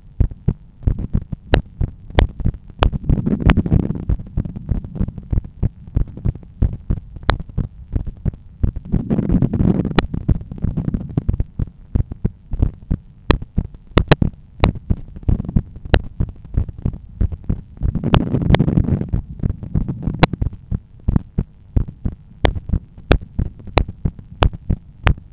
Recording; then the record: heart sounds by stethoscope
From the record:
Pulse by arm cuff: 91 bpm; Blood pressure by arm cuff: 135/83 mmHg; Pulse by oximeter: 91 bpm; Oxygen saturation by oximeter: 95%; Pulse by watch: 90 bpm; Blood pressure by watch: 137/88 mmHg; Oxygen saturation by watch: 95%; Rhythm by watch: sinus rhythm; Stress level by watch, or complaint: low stress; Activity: during smoking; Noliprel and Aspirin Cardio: after pills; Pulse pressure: 52 mmHg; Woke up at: 7:30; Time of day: 21:25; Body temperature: 36.5 C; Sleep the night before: 8 h 32 min, score 78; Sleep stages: REM 32%, light 50%, deep 12%, awake 6%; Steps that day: 9500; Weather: clear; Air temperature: 20 C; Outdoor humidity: 65%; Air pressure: 1014 hPa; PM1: 22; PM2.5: 30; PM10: 30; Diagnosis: hypertension, treated with Noliprel and Aspirin Cardio 100 mg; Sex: male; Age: 53 years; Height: 174 cm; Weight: 81 kg